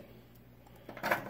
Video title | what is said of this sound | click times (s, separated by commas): How to Remove the HDD from an HP Pavilion Slimline S5657C | and it just pulls up little something just snaps right in and out it's pretty easy to do | 1.1 s